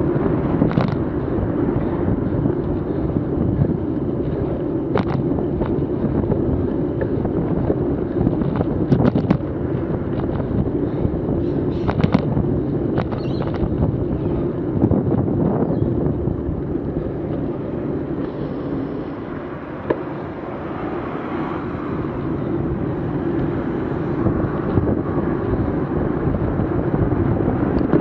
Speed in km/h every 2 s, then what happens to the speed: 28, 27, 27, 26, 25, 25, 24, 22, 15, 17, 22, 24, 26, 27.
0-11 steady at about 26. 11-16 slows to 15. 16-28 speeds up to 27.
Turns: none.